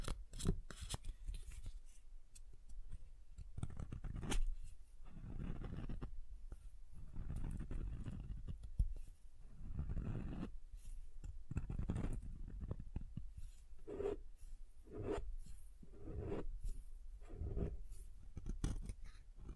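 Soap is tapped and carved in a dense run of short, crisp scrapes and taps. Low thumps swell and fade every few seconds beneath the bright clicks. Around the fourteenth second a few faint tonal pings ring out among the cuts.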